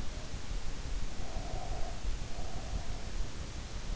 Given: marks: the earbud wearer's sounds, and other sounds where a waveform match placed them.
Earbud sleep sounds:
sounds in sleep by an in-ear microphone; breath
1.05-3.32 s: breath

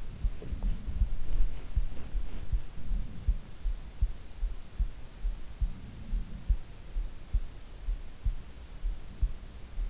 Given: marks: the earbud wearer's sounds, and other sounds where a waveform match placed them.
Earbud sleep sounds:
sounds in sleep by an in-ear microphone; body movement
0.00-3.97 s: body movement

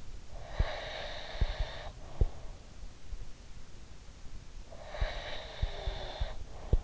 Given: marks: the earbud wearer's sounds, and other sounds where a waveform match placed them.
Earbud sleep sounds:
sounds in sleep by an in-ear microphone; breath
0.38-2.55 s: breath
4.57-6.84 s: breath

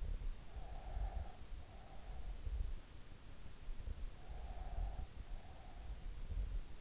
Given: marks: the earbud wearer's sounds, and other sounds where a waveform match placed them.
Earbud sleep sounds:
sounds in sleep by an in-ear microphone; breath
0.36-2.95 s: breath
4.33-6.35 s: breath

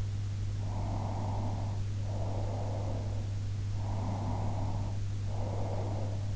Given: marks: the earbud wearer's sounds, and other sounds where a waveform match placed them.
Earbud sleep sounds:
sounds in sleep by an in-ear microphone; breath
0.64-3.27 s: breath
3.94-6.28 s: breath

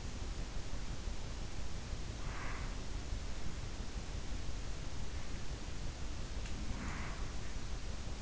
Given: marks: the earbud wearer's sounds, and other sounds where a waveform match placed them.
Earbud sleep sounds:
sounds in sleep by an in-ear microphone; breath
2.20-2.80 s: breath
6.53-7.29 s: sound from someone else or the room
6.78-7.29 s: breath

